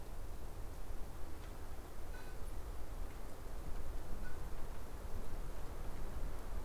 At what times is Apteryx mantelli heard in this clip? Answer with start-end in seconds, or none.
none